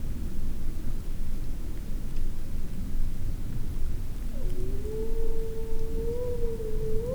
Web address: Le-loup Docs Florac-28-29-juin cris divers loup loup vercors 2004 adultes